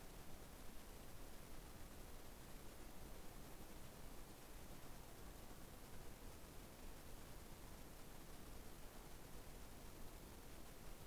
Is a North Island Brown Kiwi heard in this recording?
no